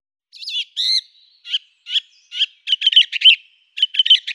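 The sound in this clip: Song thrush singing high whistled notes, then a rapid run of repeated chirping phrases in quick bursts.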